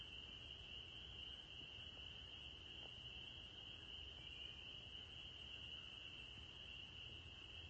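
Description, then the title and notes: Spring peepers in chorus, a dense, steady high-pitched band of overlapping peeps that never breaks, with a low background rumble throughout. Evening chorus of spring peepers recorded on 9 April 2021, in spring as the frogs returned. "April 9, 2021. the spring peepers have returned! I’ve recorded their evening symphony"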